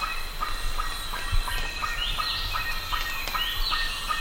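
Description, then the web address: Bird calls: evenly spaced short notes, joined by two rising whistles, over steady low-frequency noise. "BIRD 2015 SABIOD 50 bird 2015"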